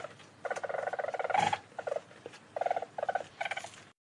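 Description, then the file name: Weasel trilling chatter: rapid pulsed bursts with a harmonic tone, in short runs separated by brief pauses, with a few sharper squeaks mixed in. "menyét"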